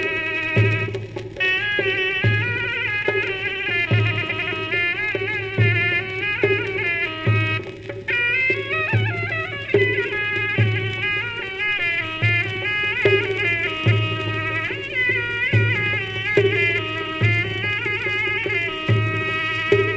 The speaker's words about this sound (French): Solo de Zurna. Thomas Henry. Enregistré dans les années 30. La Zurna, c'est un instrument à vent auge double qu'on entend beaucoup en Turquie, en Iran également.